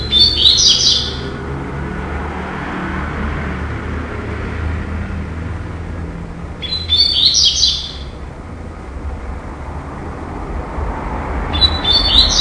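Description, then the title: Double-collared seedeater song: short, high, sputtering twitter phrases about a second long, repeated at intervals of several seconds over steady traffic rumble. "Canto Coleiro"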